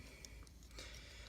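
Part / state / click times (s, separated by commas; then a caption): shoulder joint lock on a plastic model kit figure / seated / 0.2 s. A shoulder joint lock on a plastic model kit figure is locked into place, giving a sharp, short click at 0.3 s. Fainter ticks and soft handling noise follow over a low steady hum, and the shoulder lock is seated.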